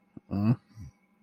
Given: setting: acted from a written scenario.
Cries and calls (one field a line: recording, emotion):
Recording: vocal sound without words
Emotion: guilt